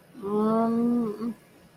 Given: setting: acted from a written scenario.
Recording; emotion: vocal sound without words; embarrassment